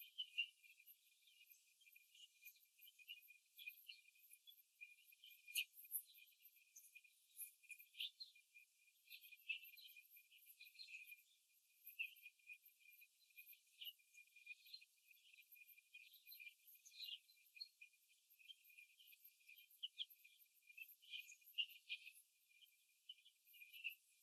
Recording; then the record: young laying hens in a cage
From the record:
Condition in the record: before the stressor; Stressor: simulated dog barking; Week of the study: 2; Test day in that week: 3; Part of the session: 1